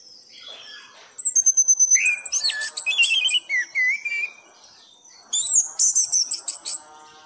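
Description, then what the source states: Thrush singing a stuttering series of sharp notes, then smooth slurred whistles, and a final high chattering burst. Masteran song for tutoring cage birds; song style called gacor teler.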